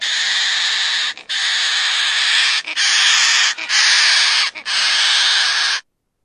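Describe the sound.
Crested parrot giving harsh, buzzy screeches, five long steady bursts of about a second each separated by brief pauses, with no other clear sounds.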